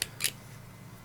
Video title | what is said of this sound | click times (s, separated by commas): Pen Mail - Waterman Expert III | of the things I liked about it it posts very securely you hear that snap well | 0.0 s